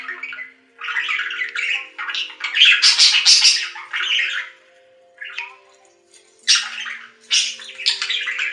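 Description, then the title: Budgerigar giving harsh, buzzy chatter and loud grating squawks in rapid bursts, with a quiet pause in the middle before chatter resumes. "Budgie Sounds"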